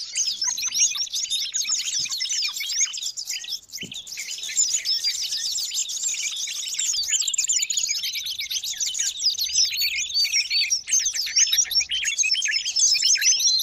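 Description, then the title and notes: Many birds chirping at once, a continuous wash of sharp, fast high notes and trills that barely pause. Long-duration sound of noisy, chattering birds, used for bird training and as a lure for trapping. "Master Burung Ribut Durasi Panjang. Burung Ribut Pikat"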